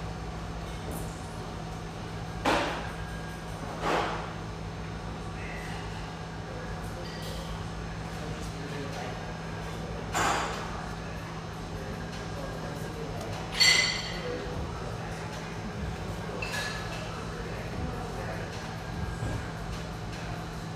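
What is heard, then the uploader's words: A steady low hum fills the espresso house near the Vancouver riverfront, with murmured voices and occasional clinks of cups around 2.5, 10 and 14 seconds. The pleasant hum in this lovely espresso house near the Vancouver riverfront.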